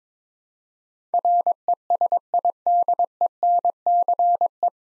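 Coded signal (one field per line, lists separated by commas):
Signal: Morse code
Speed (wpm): 22 wpm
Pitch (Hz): 700 Hz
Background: none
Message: RESIDENCE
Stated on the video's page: Morse practice set sending 9-letter words at 22 wpm for head-copy training.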